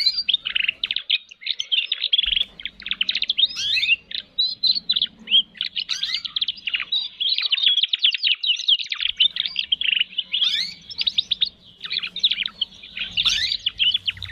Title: Kenari Gacor Cengkok Terbaik Isian Paling Mewah